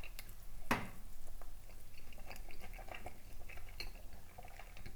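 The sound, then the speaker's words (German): Wet, sticky smacking and squishing of someone chewing a mouthful of a soft potato ball with chives, onion and a half-liquid core, with one sharp click early on and a steady run of small moist mouth noises, no talking. “Entschuldigung, wenn ich jetzt so schmatze.”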